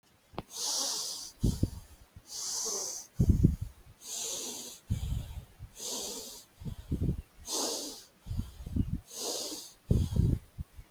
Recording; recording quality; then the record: shallow breathing; moderate, slight background noise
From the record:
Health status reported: healthy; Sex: male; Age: 35 years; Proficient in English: yes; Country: India